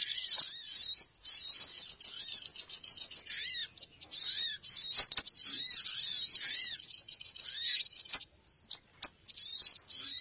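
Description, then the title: Birds in a busy, continuous twittering chorus of high rapid chirps, with repeated arching whistled notes beneath and a brief pause near the end. Bird lure recording of noisy bird chatter, played to attract birds, which gather soon after it starts playing. "Baru Diputar Dah Banyak Merapat! Suara Pikat Burung Ribut"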